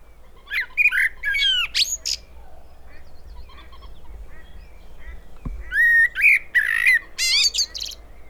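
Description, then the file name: Common blackbird song: two bursts of warbled, fluty phrases around mid pitch, each ending in high squeaky twittering, separated by a quiet pause, with a steady low hum beneath. "Turdus merula"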